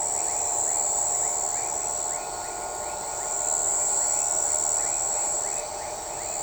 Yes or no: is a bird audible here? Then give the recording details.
no. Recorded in shrubland near Pivijay, Magdalena, Colombia, on 13 April 2023 at 02:00. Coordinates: 10.453, -74.365. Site P5-G022